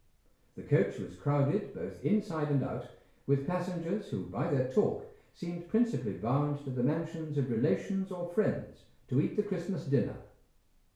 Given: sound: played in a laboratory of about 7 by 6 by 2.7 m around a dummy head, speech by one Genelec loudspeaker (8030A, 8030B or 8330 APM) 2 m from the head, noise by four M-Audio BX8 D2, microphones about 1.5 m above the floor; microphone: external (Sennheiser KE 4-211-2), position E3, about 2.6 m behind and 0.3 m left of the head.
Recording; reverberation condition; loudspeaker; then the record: male speech in English; medium; behind (180 degrees)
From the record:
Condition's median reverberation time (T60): about 510 ms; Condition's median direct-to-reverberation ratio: about -0.5 dB